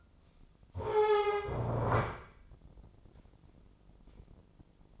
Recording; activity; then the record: daily activity, microphone in the room; stand up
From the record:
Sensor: 5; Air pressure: 996.1 hPa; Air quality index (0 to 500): 246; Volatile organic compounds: 488 ppm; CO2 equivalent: 4804 ppm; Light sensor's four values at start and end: 174/416/176/193 and 174/415/176/193